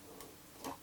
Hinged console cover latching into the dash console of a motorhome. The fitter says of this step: locks right there which is really nice